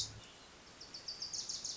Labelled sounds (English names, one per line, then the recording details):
Wilson's Warbler
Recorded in Sonoma County, California